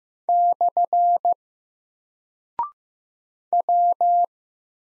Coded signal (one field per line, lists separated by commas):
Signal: Morse code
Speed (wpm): 15 wpm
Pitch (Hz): 700 Hz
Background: none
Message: / W